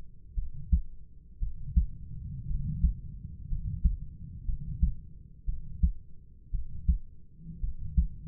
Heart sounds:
heart sounds by stethoscope; 58 bpm
0.35 s: heartbeat
1.39 s: heartbeat
2.47 s: heartbeat
3.49 s: heartbeat
4.46 s: heartbeat
5.46 s: heartbeat
6.51 s: heartbeat
7.61 s: heartbeat
From the record:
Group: healthy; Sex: male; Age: 25 years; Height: 170 cm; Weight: 70.4 kg

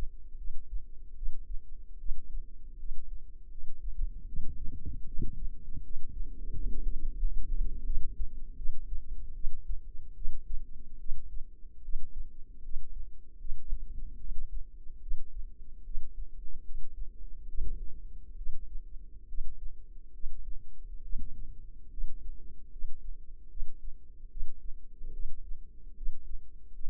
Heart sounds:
heart sounds by microphone in the left ear; 75 bpm
0.37 s: heartbeat
1.15 s: heartbeat
1.98 s: heartbeat
2.78 s: heartbeat
3.50 s: heartbeat
4.26 s: heartbeat
5.06 s: heartbeat
5.82 s: heartbeat
6.52 s: heartbeat
7.18 s: heartbeat
7.84 s: heartbeat
8.56 s: heartbeat
9.34 s: heartbeat
10.15 s: heartbeat
10.98 s: heartbeat
11.82 s: heartbeat
12.62 s: heartbeat
13.38 s: heartbeat
14.18 s: heartbeat
15.00 s: heartbeat
15.84 s: heartbeat
16.63 s: heartbeat
17.47 s: heartbeat
18.35 s: heartbeat
19.27 s: heartbeat
20.12 s: heartbeat
21.01 s: heartbeat
21.90 s: heartbeat
22.70 s: heartbeat
23.48 s: heartbeat
24.29 s: heartbeat
25.11 s: heartbeat
25.94 s: heartbeat
26.72 s: heartbeat
From the record:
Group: healthy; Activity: rest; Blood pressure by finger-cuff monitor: 108/80 mmHg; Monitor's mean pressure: 87 mmHg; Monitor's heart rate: 74 bpm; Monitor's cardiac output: 6 L/min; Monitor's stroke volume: 81 mL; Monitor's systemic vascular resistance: 1100 dyn s/cm5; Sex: female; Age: 22 years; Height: 160 cm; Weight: 45 kg

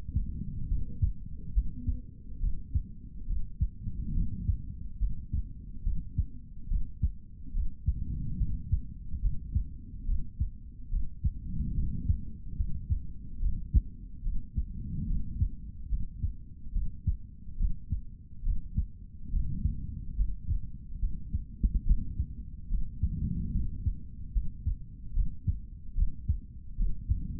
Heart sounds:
heart sounds by stethoscope; 71 bpm
0.68 s: heartbeat
1.53 s: heartbeat
2.40 s: heartbeat
3.27 s: heartbeat
4.14 s: heartbeat
4.99 s: heartbeat
5.83 s: heartbeat
6.68 s: heartbeat
7.53 s: heartbeat
8.38 s: heartbeat
9.21 s: heartbeat
10.05 s: heartbeat
10.90 s: heartbeat
11.74 s: heartbeat
12.57 s: heartbeat
13.39 s: heartbeat
14.23 s: heartbeat
15.06 s: heartbeat
15.89 s: heartbeat
16.72 s: heartbeat
17.57 s: heartbeat
18.43 s: heartbeat
19.30 s: heartbeat
20.16 s: heartbeat
21.00 s: heartbeat
21.84 s: heartbeat
22.69 s: heartbeat
23.52 s: heartbeat
24.33 s: heartbeat
25.13 s: heartbeat
25.95 s: heartbeat
26.76 s: heartbeat
From the record:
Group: healthy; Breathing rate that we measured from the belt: 16 breaths a minute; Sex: male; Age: 55 years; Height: 167 cm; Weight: 57.2 kg

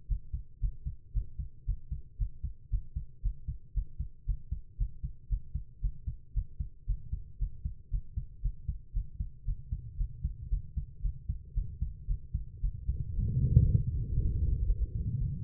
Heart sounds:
heart sounds by stethoscope; 115 bpm
0.08 s: heartbeat
0.60 s: heartbeat
1.13 s: heartbeat
1.66 s: heartbeat
2.18 s: heartbeat
2.70 s: heartbeat
3.22 s: heartbeat
3.74 s: heartbeat
4.26 s: heartbeat
4.78 s: heartbeat
5.29 s: heartbeat
5.81 s: heartbeat
6.34 s: heartbeat
6.86 s: heartbeat
7.39 s: heartbeat
7.90 s: heartbeat
8.42 s: heartbeat
8.93 s: heartbeat
9.45 s: heartbeat
9.97 s: heartbeat
10.50 s: heartbeat
11.02 s: heartbeat
11.54 s: heartbeat
12.07 s: heartbeat
12.61 s: heartbeat
13.15 s: heartbeat
13.62 s: heartbeat
14.15 s: heartbeat
14.67 s: heartbeat
15.19 s: heartbeat
From the record:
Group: healthy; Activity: breath hold 0-11 s, rest 11-16 s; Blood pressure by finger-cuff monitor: 120/84 mmHg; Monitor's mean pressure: 97 mmHg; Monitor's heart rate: 115 bpm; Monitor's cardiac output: 8.2 L/min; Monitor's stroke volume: 71 mL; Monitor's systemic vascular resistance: 870 dyn s/cm5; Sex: female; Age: 19 years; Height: 163 cm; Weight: 51 kg

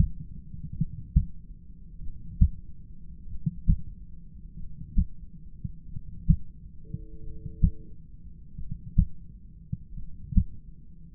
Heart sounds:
heart sounds by stethoscope; 46 bpm
0.77 s: heartbeat
2.02 s: heartbeat
3.29 s: heartbeat
4.57 s: heartbeat
5.89 s: heartbeat
7.22 s: heartbeat
8.57 s: heartbeat
9.95 s: heartbeat
From the record:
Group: heart failure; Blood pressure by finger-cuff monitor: 103/59 mmHg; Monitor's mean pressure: 72 mmHg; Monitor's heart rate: 46 bpm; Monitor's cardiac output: 5.6 L/min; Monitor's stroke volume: 119 mL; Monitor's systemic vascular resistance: 920 dyn s/cm5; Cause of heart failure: dilated cardiomyopathy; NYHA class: 2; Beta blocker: bisoprolol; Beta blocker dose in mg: 10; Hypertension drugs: sacubitril-valsartan, spironolactone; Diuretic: furosemide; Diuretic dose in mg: 40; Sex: male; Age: 29 years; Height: 174 cm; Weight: 92 kg

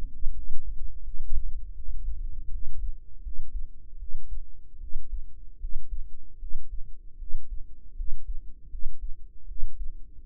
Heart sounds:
heart sounds by microphone in the right ear; 79 bpm
0.32 s: heartbeat
1.02 s: heartbeat
1.74 s: heartbeat
2.49 s: heartbeat
3.21 s: heartbeat
3.97 s: heartbeat
4.78 s: heartbeat
5.58 s: heartbeat
6.38 s: heartbeat
7.17 s: heartbeat
7.95 s: heartbeat
8.69 s: heartbeat
9.46 s: heartbeat
10.24 s: heartbeat
From the record:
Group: healthy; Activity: rest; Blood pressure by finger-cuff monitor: 100/59 mmHg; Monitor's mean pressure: 73 mmHg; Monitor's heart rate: 79 bpm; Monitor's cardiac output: 7 L/min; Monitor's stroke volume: 90 mL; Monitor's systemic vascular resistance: 730 dyn s/cm5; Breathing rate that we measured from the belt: 23 breaths a minute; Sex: female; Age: 19 years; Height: 163 cm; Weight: 48.9 kg

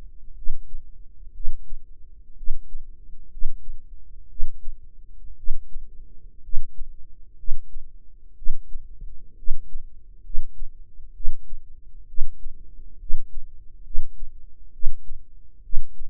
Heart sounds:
heart sounds by microphone in the right ear; 63 bpm
0.33 s: heartbeat
1.31 s: heartbeat
2.34 s: heartbeat
3.28 s: heartbeat
4.27 s: heartbeat
5.34 s: heartbeat
6.40 s: heartbeat
7.35 s: heartbeat
8.33 s: heartbeat
9.34 s: heartbeat
10.21 s: heartbeat
11.12 s: heartbeat
12.05 s: heartbeat
12.97 s: heartbeat
13.82 s: heartbeat
14.70 s: heartbeat
15.61 s: heartbeat
From the record:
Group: healthy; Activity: rest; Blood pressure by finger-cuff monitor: 130/73 mmHg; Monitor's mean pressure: 96 mmHg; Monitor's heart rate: 63 bpm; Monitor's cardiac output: 6.8 L/min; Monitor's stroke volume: 111 mL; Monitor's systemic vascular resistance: 1060 dyn s/cm5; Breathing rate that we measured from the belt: 18 breaths a minute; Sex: female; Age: 23 years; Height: 160 cm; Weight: 50.4 kg

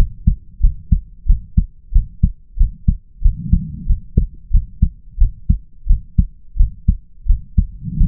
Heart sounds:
heart sounds by stethoscope; 90 bpm
0.61 s: heartbeat
1.27 s: heartbeat
1.93 s: heartbeat
2.58 s: heartbeat
3.22 s: heartbeat
3.87 s: heartbeat
4.51 s: heartbeat
5.18 s: heartbeat
5.87 s: heartbeat
6.57 s: heartbeat
7.27 s: heartbeat
7.98 s: heartbeat
From the record:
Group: healthy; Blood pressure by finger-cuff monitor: 102/58 mmHg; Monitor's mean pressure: 72 mmHg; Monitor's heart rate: 92 bpm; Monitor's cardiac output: 7.9 L/min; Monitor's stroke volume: 86 mL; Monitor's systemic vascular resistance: 650 dyn s/cm5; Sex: female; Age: 22 years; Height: 157 cm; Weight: 47.6 kg

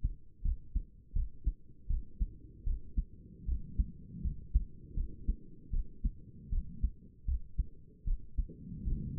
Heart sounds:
heart sounds by stethoscope; 78 bpm
0.43 s: heartbeat
1.14 s: heartbeat
1.88 s: heartbeat
2.65 s: heartbeat
3.46 s: heartbeat
4.22 s: heartbeat
4.95 s: heartbeat
5.71 s: heartbeat
6.51 s: heartbeat
7.26 s: heartbeat
8.05 s: heartbeat
8.85 s: heartbeat
From the record:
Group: healthy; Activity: rest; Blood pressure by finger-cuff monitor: 95/65 mmHg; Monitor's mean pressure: 77 mmHg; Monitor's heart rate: 80 bpm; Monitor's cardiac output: 6.2 L/min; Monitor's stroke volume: 77 mL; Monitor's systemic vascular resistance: 880 dyn s/cm5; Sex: female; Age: 22 years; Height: 163 cm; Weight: 67.1 kg

